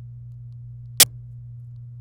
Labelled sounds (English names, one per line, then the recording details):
Domestic Canary song
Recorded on 26 April 2018 at 17:09
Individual llb3